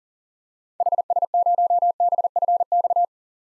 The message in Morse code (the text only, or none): HS0BFX